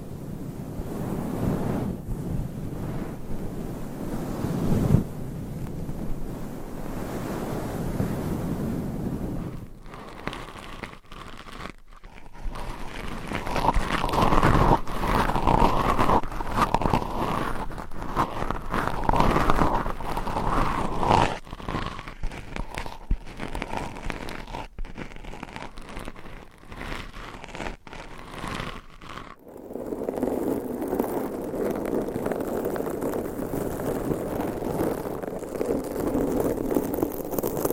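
Scratching on a microphone, starting as a soft, low rubbing for about ten seconds. It then turns into dense, louder, brighter scraping that keeps breaking off in abrupt gaps, with a faint steady whine, until around thirty seconds, when a duller muffled rubbing returns.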